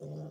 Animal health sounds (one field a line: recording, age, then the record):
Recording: pig call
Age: piglet (1 to 25 days)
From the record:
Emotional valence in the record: negative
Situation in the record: long isolation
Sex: female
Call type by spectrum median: low-frequency call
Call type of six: low-frequency stable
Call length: 0.31 s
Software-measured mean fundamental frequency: 74 Hz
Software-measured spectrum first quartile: 152 Hz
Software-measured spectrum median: 249 Hz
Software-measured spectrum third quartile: 487 Hz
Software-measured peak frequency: 512 Hz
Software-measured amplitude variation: 52 dB a second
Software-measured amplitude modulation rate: 27.5 a second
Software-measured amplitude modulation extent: 1.9 dB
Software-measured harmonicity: 2.0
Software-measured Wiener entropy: -0.03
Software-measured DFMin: 1723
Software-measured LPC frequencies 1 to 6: 513, 3351, 4927, 5920, 7066, 8849 Hz